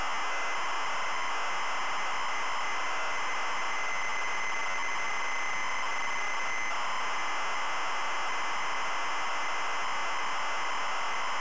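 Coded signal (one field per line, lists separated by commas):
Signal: ZX Spectrum tape loading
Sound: continuous harsh buzzing screech of data loading, no lead tone or pauses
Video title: ZX SPECTRUM Loading Through the Trap Door 1987 Piranha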